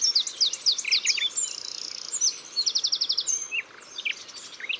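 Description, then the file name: Eurasian wren song, a breathless run of sharp, high chattering trills and rattles. Drôme, France. "Troglodyte mignon Concerts Naturels de la Drome Studio les Trois Becs"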